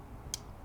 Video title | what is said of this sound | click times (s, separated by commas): Chris Reeve Umnumzaan - 5 Month Review | see even then you can hear that click right | 0.3 s